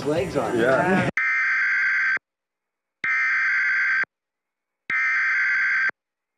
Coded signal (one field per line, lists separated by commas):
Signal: Emergency Alert System (SAME) tones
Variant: header bursts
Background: speech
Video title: (Read Description) Unfinished EAS Scenario